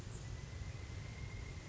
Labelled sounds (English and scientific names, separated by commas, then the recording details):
Pileated Woodpecker (Dryocopus pileatus)
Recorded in Sonoma County, California